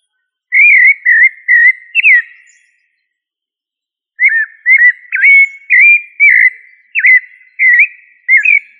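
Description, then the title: Thrush singing bursts of short whistled phrases that twist up and down, four in a row, a pause of about two seconds, then about nine more. "Familia Turdidae - Sabia"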